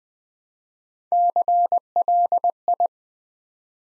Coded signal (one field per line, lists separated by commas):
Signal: Morse code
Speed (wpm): 20 wpm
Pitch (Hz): 700 Hz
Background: none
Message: CLI